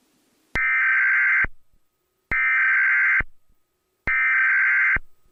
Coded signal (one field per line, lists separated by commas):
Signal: Emergency Alert System (SAME) tones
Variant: header bursts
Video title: EAS Scenario #3: The Minecraft Disaster